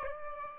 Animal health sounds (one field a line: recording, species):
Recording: mosquito wingbeat signal from an infrared sensor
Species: Aedes albopictus